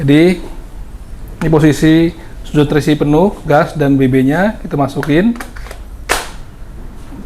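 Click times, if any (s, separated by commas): 6.1 s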